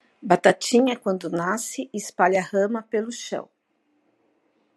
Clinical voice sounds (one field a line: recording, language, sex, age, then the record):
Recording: short text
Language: Brazilian Portuguese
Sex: female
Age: 50 to 59 years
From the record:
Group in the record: control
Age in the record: 53 years